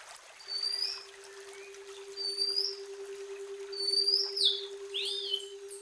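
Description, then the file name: Oriental magpie-robin: several drawn-out high whistles and slurred notes at a relaxed pace, with soft background hiss and a constant low hum. Female; a combination of 'ciam' calls, made as a tutoring (masteran) recording. "kombinasi betina ci am kacer"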